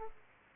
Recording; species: mosquito wingbeat signal from an infrared sensor; Aedes aegypti